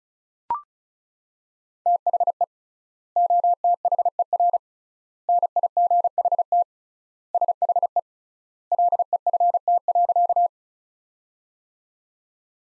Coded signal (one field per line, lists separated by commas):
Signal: Morse code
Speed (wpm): 36 wpm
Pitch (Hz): 700 Hz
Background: none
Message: THE OTHER NIGHT SHE LEFT.